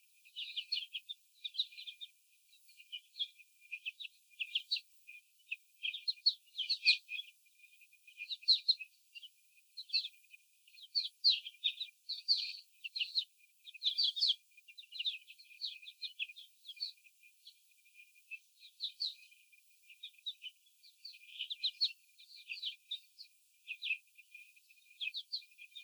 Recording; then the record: young laying hens in a cage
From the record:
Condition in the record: before the stressor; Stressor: sudden umbrella opening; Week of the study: 3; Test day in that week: 2